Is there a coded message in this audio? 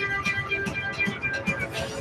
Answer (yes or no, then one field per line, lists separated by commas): no